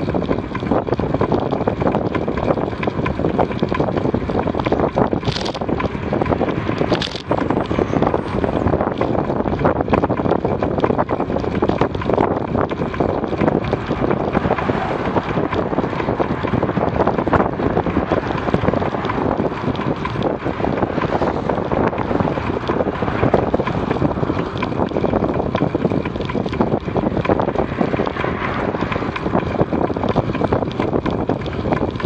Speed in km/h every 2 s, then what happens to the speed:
34, 32, 35, 26, 33, 33, 33, 31, 34, 30, 37, 31, 33, 32, 31, 31.
0-32 steady at about 32.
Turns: none.